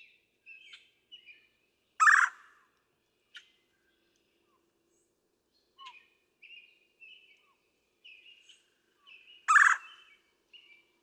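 Red-bellied woodpecker giving two loud, raspy rolling churrs, with soft, thin whistled notes throughout.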